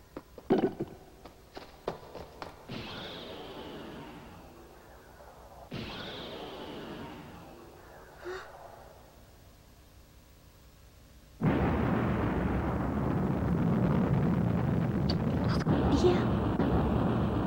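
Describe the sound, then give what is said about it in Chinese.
Gunshots ring out in a forest where someone is catching insects, in a Taiwanese-language dub of Nausicaa: a flurry of sharp cracks, then two heavier shots with long, fading tails, before a loud, steady rushing roar takes over for the rest. “是枪声，有人在树林内底抓虫。”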